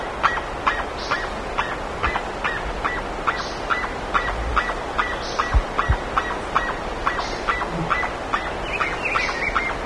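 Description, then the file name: Bird's rapid honking calls repeated steadily throughout, with scattered high squeaky notes and a few low thumps. "SABIOD 50 bird 2015"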